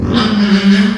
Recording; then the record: squeal of a Yucatan mini pig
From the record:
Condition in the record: after surgery on the right vocal fold (resection and tissue-engineered implant); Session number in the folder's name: 14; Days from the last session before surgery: 133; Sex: female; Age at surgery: 19 weeks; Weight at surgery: 25 kg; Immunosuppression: prednisolone